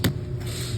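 A wiper blade is pulled onto the hook (hanger) of a windshield wiper arm on a 2018 Infiniti QX80 until it snaps into place, then shaken to check that it holds. A sharp click sounds at 0.1 s over a steady low hum. The blade is seated on the arm.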